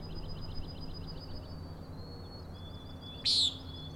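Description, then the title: Common nighthawk making a single loud nasal peent near the end, after a run of high rapid ticking trills and a thin steady whistle-like tone. Three birds giving peenting calls, wing booms and rattles at Schoodic Head overlook, Acadia National Park, Winter Harbor, Maine; 16 June 2017, 4 am; flying close formation, passing near recordist. "Common Nighthawks, Schoodic Head 061617 4am"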